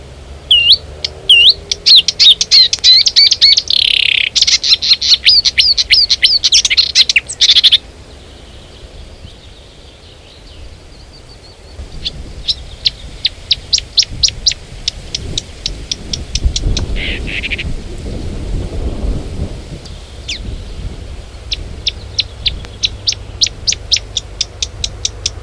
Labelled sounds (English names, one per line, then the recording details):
Marsh Warbler
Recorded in the wild
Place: Clausthal-Zellerfeld, Oberharz, Niedersachsen, DE
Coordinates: 51.78, 10.33
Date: 1985-06-11
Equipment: Sony WM-D6C, Big Ear
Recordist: Skiba, Reinald